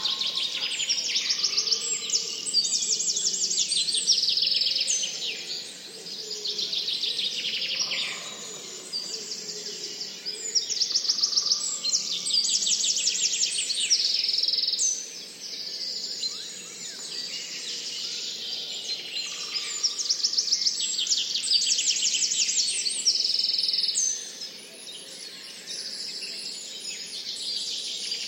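A forest soundscape filled with dense, overlapping bird calls and rapid chirping trills, high and bright, running almost without pause. The chorus swells and dips in waves, easing briefly around 6, 15 and 24 seconds, over a soft low hum beneath.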